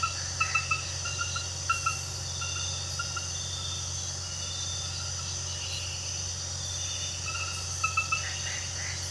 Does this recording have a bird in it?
no